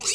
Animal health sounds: pig call; weaner (32 to 43 days)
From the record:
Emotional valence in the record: negative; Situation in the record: short isolation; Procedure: open field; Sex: female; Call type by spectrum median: high-frequency call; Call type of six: high-frequency stable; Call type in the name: high-frequency stable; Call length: 0.15 s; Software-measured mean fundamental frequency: 439 Hz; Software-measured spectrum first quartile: 3942 Hz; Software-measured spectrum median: 5901 Hz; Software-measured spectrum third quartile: 7388 Hz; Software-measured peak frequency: 6980 Hz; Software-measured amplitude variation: 135 dB a second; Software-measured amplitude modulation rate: 6.4 a second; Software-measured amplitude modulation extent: 20.9 dB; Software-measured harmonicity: 0.5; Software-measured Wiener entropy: -1.52

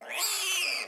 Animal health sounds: pig call; piglet (1 to 25 days)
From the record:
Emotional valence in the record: negative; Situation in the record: restrain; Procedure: in the arms of a person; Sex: male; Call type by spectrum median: high-frequency call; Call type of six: mixed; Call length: 0.89 s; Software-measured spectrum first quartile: 2603 Hz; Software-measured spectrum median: 4543 Hz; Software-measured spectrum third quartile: 7170 Hz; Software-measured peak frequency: 2470 Hz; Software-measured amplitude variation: 82 dB a second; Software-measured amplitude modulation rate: 20.3 a second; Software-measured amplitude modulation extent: 4.0 dB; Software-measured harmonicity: 4.1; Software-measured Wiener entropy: -2.28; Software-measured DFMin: 1350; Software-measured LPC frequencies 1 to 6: 908, 2495, 4660, 6147, 7593, 8335 Hz

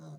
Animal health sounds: pig call; piglet (1 to 25 days)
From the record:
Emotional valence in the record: negative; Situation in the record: long isolation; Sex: male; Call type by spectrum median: low-frequency call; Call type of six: low-frequency modulated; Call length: 0.19 s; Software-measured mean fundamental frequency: 51 Hz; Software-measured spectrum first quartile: 153 Hz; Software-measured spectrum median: 248 Hz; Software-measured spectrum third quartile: 729 Hz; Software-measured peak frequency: 154 Hz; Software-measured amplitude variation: 46 dB a second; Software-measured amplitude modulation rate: 13.4 a second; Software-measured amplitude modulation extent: 3.4 dB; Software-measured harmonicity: 6.3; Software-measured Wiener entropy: -0.49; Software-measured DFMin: 1548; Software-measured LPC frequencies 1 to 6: 1343, 3905, 5014, 6013, 6368, 8166 Hz

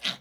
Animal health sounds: pig call; piglet (1 to 25 days)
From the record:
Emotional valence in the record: negative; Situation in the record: castration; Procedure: castration, fixation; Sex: male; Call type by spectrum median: high-frequency call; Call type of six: low-frequency tonal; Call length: 0.21 s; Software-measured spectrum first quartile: 2110 Hz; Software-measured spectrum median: 3206 Hz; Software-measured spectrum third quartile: 3889 Hz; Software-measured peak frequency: 3859 Hz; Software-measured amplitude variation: 218 dB a second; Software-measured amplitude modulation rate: 12.2 a second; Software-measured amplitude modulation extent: 17.9 dB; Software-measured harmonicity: 1.1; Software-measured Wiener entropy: -0.91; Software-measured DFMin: 601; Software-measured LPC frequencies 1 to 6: 1789, 2383, 3202, 3816, 6009, 8079 Hz

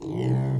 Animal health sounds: pig call; weaner (32 to 43 days)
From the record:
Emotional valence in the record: negative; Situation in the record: novel object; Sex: female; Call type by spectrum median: low-frequency call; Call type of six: low-frequency stable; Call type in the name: low-frequency stable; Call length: 0.60 s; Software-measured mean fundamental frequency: 62 Hz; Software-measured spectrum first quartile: 131 Hz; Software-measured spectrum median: 189 Hz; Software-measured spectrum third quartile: 382 Hz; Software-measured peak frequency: 136 Hz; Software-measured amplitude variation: 81 dB a second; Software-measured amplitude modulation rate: 35.6 a second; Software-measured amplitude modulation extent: 2.3 dB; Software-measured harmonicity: 1.4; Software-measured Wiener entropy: -0.78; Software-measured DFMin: 1206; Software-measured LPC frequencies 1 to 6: 2002, 2999, 4021, 5481, 6757, 8402 Hz

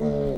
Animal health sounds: pig call; piglet (1 to 25 days)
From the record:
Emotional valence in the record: negative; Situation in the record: crushing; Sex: male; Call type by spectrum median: low-frequency call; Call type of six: low-frequency stable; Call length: 0.38 s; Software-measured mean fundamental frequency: 54 Hz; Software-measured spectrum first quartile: 189 Hz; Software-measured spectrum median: 350 Hz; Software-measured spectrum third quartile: 496 Hz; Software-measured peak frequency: 430 Hz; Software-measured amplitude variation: 47 dB a second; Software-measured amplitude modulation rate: 22.5 a second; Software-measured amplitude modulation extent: 2.1 dB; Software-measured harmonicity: 0.7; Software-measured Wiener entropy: -0.57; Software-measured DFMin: 1198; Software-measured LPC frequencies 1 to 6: 498, 1947, 3440, 4043, 4899, 5778 Hz

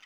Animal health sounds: pig call; piglet (1 to 25 days)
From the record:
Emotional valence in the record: positive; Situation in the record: reunion after long isolation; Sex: female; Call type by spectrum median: high-frequency call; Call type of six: low-frequency tonal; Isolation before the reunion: 8 minutes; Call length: 0.06 s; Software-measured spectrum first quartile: 2011 Hz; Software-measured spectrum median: 2643 Hz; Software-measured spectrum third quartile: 3493 Hz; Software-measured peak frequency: 1976 Hz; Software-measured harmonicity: 0.7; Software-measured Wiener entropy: -1.11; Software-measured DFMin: 742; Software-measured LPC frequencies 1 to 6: 1212, 1990, 3066, 3663, 4812, 5614 Hz

